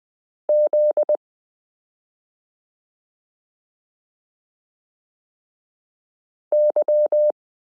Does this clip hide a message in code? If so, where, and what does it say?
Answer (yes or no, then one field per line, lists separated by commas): yes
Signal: Morse code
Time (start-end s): 0.5-7.3 s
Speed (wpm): 20 wpm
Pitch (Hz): 600 Hz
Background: none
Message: ZY